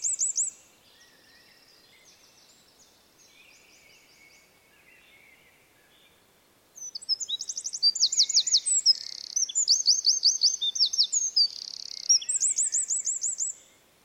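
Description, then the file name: Eurasian wren song: bursts of loud, high, rapid trills and tinkling notes, a brief phrase at the start, then a long run of fast repeated notes after seven seconds. "Troglodytes troglodytes"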